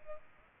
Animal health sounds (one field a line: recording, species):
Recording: mosquito wingbeat signal from an infrared sensor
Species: Culex pipiens